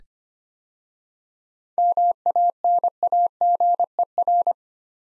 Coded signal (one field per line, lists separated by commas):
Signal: Morse code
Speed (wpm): 25 wpm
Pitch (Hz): 700 Hz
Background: none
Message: MANAGER